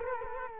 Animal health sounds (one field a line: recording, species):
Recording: mosquito wingbeat signal from an infrared sensor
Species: Culex quinquefasciatus